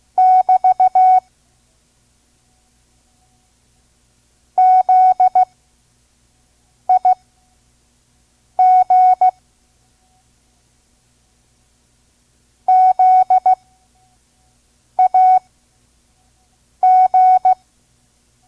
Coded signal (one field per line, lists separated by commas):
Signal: Morse code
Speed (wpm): 16 wpm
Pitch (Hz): 740 Hz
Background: none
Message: <BT> ZIG ZAG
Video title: Morse Code course, Listen and Learn Part 2 (5 words per minute), Vintage ARRL Course for Radio Hams